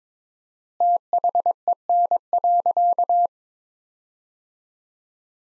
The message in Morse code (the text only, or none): THEN.